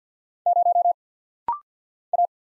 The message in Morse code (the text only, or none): 0 A